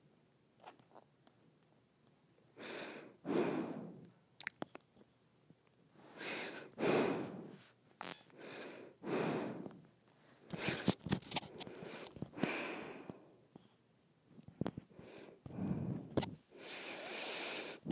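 Breathing through the nose, with slow airy inhales and exhales roughly every two seconds, each swelling and fading with a soft hiss. Short sharp clicks and rustles break in between breaths, and the breathing turns heavier and more uneven after about ten seconds.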